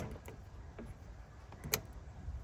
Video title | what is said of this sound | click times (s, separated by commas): LED vs Halogen Headlights - Surprising Results. | Clicked right in there. Satisfying click. | 1.7 s